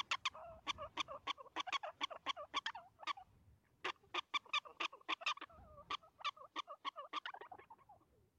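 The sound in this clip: Prairie dog giving rapid, sharp barking chirps, many with a falling tonal tail, with a brief pause near three seconds before the series resumes.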